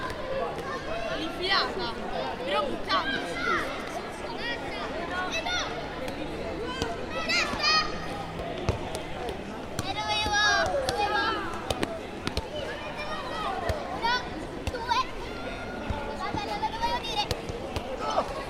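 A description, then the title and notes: In a small piazza on a Saturday evening, overlapping voices of chatting families and shouting children fill the air continuously, busy. A Saturday night in Testaccio. Hanging out in the Testaccio district on a Saturday evening in a small piazza, where children play football, families chat, young people smoke and drink. We take a walk around the whole perimeter of the piazza to record the sounds from all sides. Recorded in Rome, April 2023 by Cities and Memory.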